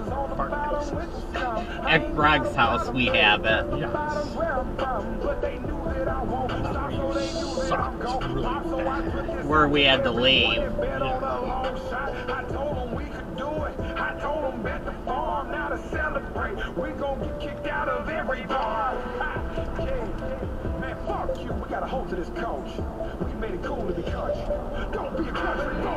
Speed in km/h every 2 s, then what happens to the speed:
68, 68, 71, 71, 68, 71, 69, 68, 66, 64, 63, 63, 64.
0-12 steady at about 69. 12-20 slows to 63. 20-26 steady at about 63.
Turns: none.